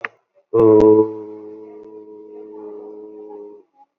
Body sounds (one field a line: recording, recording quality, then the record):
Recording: sustained vowel as in boot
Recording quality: excellent, no background noise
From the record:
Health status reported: COVID-19 positive, mild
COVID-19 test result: positive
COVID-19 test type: RT-PCR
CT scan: not taken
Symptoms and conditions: sore throat, fever, fatigue, muscle pain, diarrhoea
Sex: male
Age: 38 years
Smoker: yes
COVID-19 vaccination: both doses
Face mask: not worn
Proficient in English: yes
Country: India